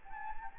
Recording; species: mosquito wingbeat signal from an infrared sensor; Anopheles gambiae